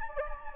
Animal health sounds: mosquito wingbeat signal from an infrared sensor; Anopheles gambiae

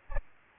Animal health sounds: mosquito wingbeat signal from an infrared sensor; Aedes albopictus

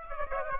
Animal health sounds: mosquito wingbeat signal from an infrared sensor; Aedes aegypti

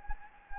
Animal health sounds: mosquito wingbeat signal from an infrared sensor; Anopheles gambiae

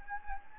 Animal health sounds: mosquito wingbeat signal from an infrared sensor; Anopheles gambiae

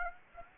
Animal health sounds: mosquito wingbeat signal from an infrared sensor; Aedes aegypti

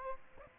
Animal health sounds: mosquito wingbeat signal from an infrared sensor; Aedes aegypti

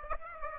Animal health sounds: mosquito wingbeat signal from an infrared sensor; Aedes aegypti

